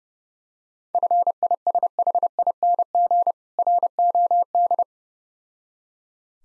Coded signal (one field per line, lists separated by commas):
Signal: Morse code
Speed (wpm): 28 wpm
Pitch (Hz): 700 Hz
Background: none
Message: FISHING ROD